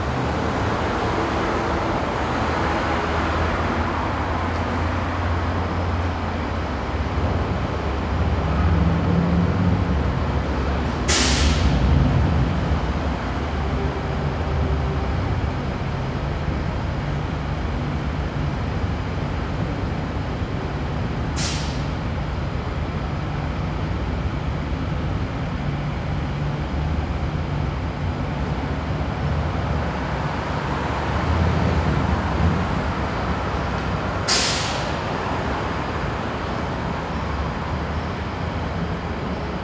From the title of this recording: Light Calming Traffic Ambience